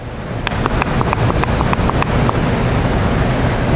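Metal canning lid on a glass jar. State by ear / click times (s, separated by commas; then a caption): not seated / none. A finger presses down repeatedly on the centre button of a metal two-piece lid on a freshly processed glass canning jar, and the lid flexes with a quick series of sharp little pops and clicks over a steady low rumble of background noise. The lid has not sealed yet, so nothing has seated or clicked into place.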